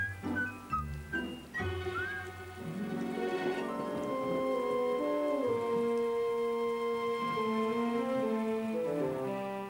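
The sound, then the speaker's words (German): Steady rain patters throughout, a continuous hiss of falling drops, while sustained melodic tones glide and shift above it. No voices are heard. “Und die verrußte Mutter wäscht der Regen sauber.”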